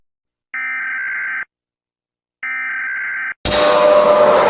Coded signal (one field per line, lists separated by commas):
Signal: Emergency Alert System (SAME) tones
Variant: header bursts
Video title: Mr Incredible Becoming Uncanny - EAS ALARM (Part 19)